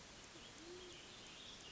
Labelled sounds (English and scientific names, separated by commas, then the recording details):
Band-tailed Pigeon (Patagioenas fasciata)
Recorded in Sonoma County, California